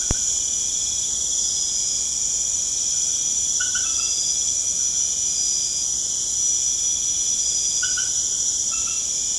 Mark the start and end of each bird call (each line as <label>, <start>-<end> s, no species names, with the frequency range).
bird call (0.9-3.3 kHz), 3.52-4.15 s